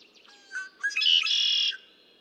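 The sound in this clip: Red-winged blackbird song: a few soft introductory notes, then a loud buzzy trill held for about three-quarters of a second before fading.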